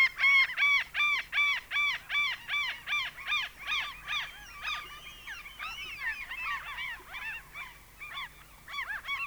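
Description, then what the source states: Common Gull call series, a rapid run of clear mewing notes, then breaking into a tangle of overlapping cries. Sweden.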